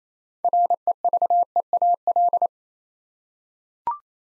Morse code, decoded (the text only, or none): REVEAL